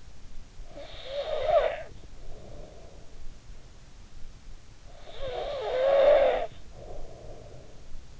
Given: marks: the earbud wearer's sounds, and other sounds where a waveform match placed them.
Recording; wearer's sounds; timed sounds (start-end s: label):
sounds in sleep by an in-ear microphone; snoring breath
0.46-3.36 s: snoring breath
4.56-8.19 s: snoring breath